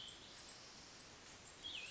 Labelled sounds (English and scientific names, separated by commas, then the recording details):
Cassin's Vireo (Vireo cassinii)
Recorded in Sonoma County, California